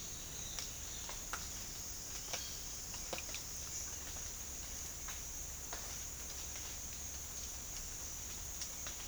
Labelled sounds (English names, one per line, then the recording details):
none
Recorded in dense forest near Puerto Asís, Putumayo, Colombia, on 8 March 2025 at 08:30
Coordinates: 0.484, -76.325
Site G045